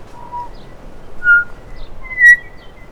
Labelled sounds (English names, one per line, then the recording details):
New Zealand Bellbird song
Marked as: Pipe(roughCUV1), Pipe(F[6]), Pipe(CUVbent)
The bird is a male
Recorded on Cuvier Island, New Zealand, on 5 November 2016
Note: 3notes